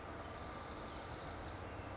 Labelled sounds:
Dark-eyed Junco
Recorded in Sonoma County, California

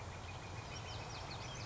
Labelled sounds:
Northern Flicker
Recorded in Sonoma County, California

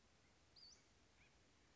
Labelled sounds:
Western Flycatcher
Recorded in Sonoma County, California

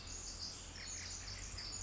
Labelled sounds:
Pacific Wren
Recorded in Sonoma County, California

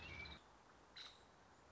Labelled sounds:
Nuttall's Woodpecker
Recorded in Sonoma County, California

